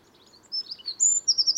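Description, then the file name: Eurasian wren song fragment: thin, very high twittering notes followed by a loud, bright note and quick sharp chirps at the end. "Troglodytes troglodytes"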